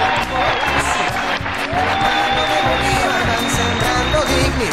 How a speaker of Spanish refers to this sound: Yo pido un saludo y un aplauso muy especial para la MANE, esa MANE.